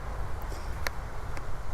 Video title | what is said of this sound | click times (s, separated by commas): Spraying Chalk Type Paint | You can hear it lock. | 0.9 s